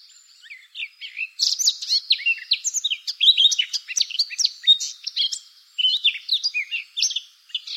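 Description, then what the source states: Eurasian blackcap song, a fast, varied warble of scratchy and clear high notes running almost nonstop for several seconds after a brief quiet start. Recorded on 24 April 2013.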